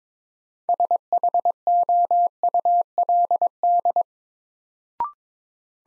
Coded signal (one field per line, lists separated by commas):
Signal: Morse code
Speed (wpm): 21 wpm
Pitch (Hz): 700 Hz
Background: none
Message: SHOULD